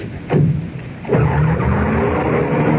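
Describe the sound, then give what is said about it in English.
A car engine roars up as tires squeal and skid, then the motor keeps revving loudly and steadily as a woman drives the car away in a cloud of dust, with no voices. “That was her pulling away in a cloud of dust.”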